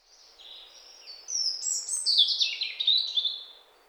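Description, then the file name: European robin song, a sequence of very high thin whistles and rapid warbled notes that grows louder, then fades at the end. "Erithacus rubecula"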